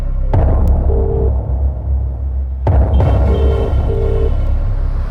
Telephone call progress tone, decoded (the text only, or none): ringback tone